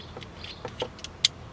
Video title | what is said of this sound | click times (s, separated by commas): Audi TT 02-06 Radio Installation | when you hear it click now it's locked into place give it a quick talk make sure it's not going anywhere | 1.2 s